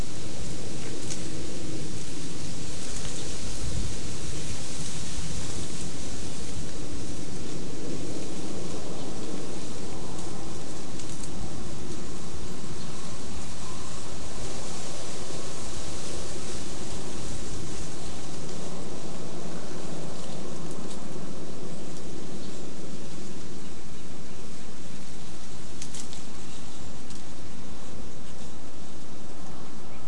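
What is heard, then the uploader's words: Steady wind rushes through oak and bay leaves, a dense hiss with a low rumble, while occasional faint scratches stir the leaf litter. Wind through bay, leaf litter talon scratch. 3:00-3:30 pm. Throwback to a late summer windy day under the clearing-edge coast live oaks, spotted towhee foraging in the leaf litter.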